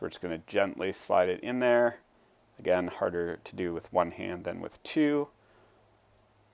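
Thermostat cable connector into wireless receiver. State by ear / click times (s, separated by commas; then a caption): not seated / none. A thermostat cable end with a locking tab is gently slid into the slot of the plastic wireless receiver while adding a Mitsubishi MHK2 thermostat to a Mitsubishi MSZ FS mini-split ductless heater. Someone talks throughout, with no distinct click heard. Nothing has seated or clicked yet.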